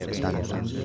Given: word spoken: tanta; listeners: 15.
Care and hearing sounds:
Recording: one Spanish word in noise, from a listening test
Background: eight-talker babble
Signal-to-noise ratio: -2.4 dB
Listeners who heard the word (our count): 0 of 15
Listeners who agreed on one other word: 6 of 15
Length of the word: 0.45 s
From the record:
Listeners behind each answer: 6, 1, 1, 1, 1, 1, 1, 1, 1, 1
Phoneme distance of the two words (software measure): 48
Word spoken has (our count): 2 syllables, 5 phonemes, stress on syllable 1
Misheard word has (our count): 3 syllables, 7 phonemes, stress on syllable 2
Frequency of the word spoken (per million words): 60.09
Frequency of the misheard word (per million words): 167.11

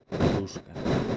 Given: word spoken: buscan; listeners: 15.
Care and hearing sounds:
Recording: one Spanish word in noise, from a listening test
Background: noise modulated by one talker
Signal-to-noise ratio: -10.8 dB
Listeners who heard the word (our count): 2 of 15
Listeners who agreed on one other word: 6 of 15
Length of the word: 0.77 s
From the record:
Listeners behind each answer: 6, 5, 2, 1, 1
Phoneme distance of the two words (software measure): 10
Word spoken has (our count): 2 syllables, 6 phonemes, stress on syllable 1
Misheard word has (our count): 2 syllables, 6 phonemes, stress on syllable 1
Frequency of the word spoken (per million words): 25.50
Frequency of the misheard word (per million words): 2.17

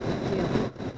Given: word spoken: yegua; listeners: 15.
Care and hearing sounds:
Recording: one Spanish word in noise, from a listening test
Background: noise modulated by three-talker babble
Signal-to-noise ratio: -7.0 dB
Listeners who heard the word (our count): 0 of 15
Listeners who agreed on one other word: 8 of 15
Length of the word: 0.58 s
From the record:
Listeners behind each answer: 8, 1, 1, 1, 1, 1, 1, 1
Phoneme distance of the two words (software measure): 51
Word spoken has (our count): 2 syllables, 5 phonemes, stress on syllable 1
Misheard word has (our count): 2 syllables, 6 phonemes, stress on syllable 1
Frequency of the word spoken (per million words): 3.49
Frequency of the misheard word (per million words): 858.00

